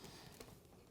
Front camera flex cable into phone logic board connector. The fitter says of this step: and you should feel that nice click of it sitting in